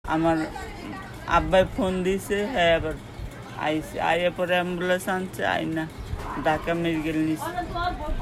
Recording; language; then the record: elicited speech; Bengali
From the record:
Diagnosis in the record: Broca's or global aphasia after a stroke